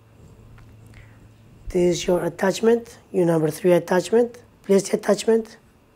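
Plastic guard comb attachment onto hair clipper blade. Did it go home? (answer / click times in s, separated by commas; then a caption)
no / none. A number 3 plastic guard comb attachment is handled near a hair clipper blade, about to be pushed onto it, while someone talks. A couple of faint small taps occur near 0.9 and 1.0 seconds before the talking begins. The clip ends before the guard goes home, so nothing has seated or clicked yet.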